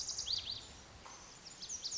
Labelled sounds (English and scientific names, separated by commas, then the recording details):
Lazuli Bunting (Passerina amoena)
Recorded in Sonoma County, California